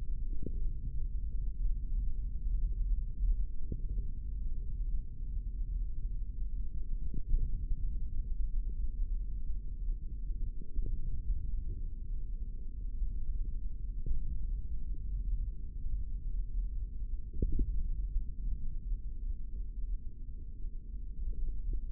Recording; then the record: forearm muscle sounds (acoustic myography)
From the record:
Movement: index flexion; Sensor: system 3, bracelet of six PUI Audio POM-2738L microphones around the upper forearm, with dedicated amplification and filtering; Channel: 4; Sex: male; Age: 25 years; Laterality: right